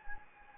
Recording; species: mosquito wingbeat signal from an infrared sensor; Anopheles gambiae